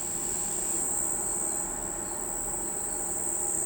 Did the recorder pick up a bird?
no